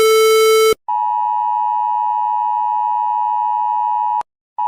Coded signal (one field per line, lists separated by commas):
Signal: Emergency Alert System (SAME) tones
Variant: 853 and 960 Hz attention tone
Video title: Rating Emergency Alert Systems (Part 1)